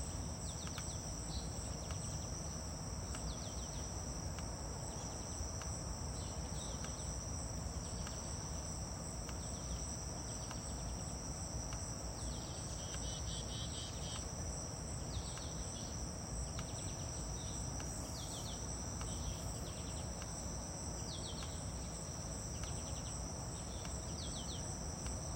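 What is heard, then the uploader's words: Early birds give short, scattered chirps every second or so over a steady, high, unbroken drone of crickets and a low rumble. Early birds.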